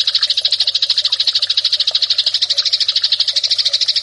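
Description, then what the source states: Eurasian tree sparrow chattering continuously, a fast and fairly regular string of harsh chirps without pause. Fighting (tarung) song style.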